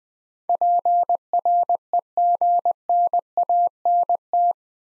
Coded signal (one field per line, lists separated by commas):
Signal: Morse code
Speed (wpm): 20 wpm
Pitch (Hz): 700 Hz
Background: none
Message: PREGNANT